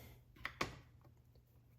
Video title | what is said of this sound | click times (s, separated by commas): Review Chefman Single Serve Coffee Maker, K Cup Coffee Machine: Compatible with K-Cup Pods and Groun | I just did two clicks. | 0.4 s, 0.6 s